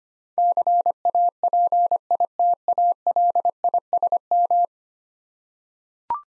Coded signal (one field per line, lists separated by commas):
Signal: Morse code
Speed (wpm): 25 wpm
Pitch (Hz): 700 Hz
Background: none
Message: CAPITALISM